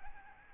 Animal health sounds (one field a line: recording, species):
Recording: mosquito wingbeat signal from an infrared sensor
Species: Aedes albopictus